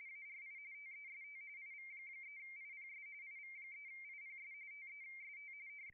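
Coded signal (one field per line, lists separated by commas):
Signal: RTTY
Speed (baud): 45.45 baud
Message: ARI TEST IV3IPS IV3IPS TEST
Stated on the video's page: RTTY in the ARI International DX Contest, single operator two VFO, low power, live stream.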